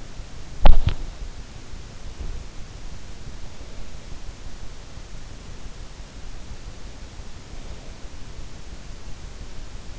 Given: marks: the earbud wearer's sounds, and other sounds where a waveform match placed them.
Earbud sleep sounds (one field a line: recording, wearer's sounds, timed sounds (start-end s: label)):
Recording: sounds in sleep by an in-ear microphone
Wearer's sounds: body movement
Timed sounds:
0.00-1.35 s: body movement